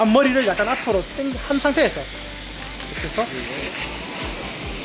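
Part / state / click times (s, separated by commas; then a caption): nozzle attachment into pressure washer gun quick coupling / not seated / none. Someone talks while a detachable nozzle attachment is pushed, front tilted slightly forward, into the quick coupling of a pressure washer gun, over a steady low hiss. The attachment has not clicked or seated yet. It couples only with a click, and without one it can shoot off and hit the car.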